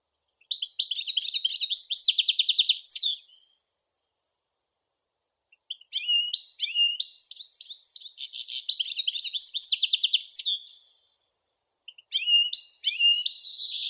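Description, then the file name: European goldfinch singing three long bursts of rapid, high tinkling twitter and rattling trills, separated by silent pauses. "Golosa ptic - CSHegol Carduelis carduelis"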